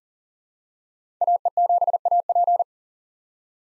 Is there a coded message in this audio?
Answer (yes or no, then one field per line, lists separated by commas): yes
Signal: Morse code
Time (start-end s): 1.2-2.6 s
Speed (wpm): 40 wpm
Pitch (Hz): 700 Hz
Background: none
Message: AE7AP